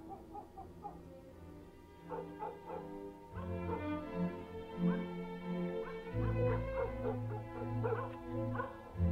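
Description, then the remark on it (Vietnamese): Several village dogs bark and yelp at night in scattered, overlapping bursts, some higher and whiny, over a low, steady droning hum that swells louder toward the end. “Ở ngoài kia chó trong làng đêm nay chẳng hiểu làm sao cứ cắn dâm gian hết cả lên.”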